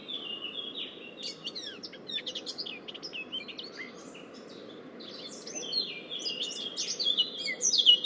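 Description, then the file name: Eurasian blackcap song, a continuous scratchy warble of quick varied notes throughout, growing louder toward the end over a constant low rumble. "Sylvia atricapilla"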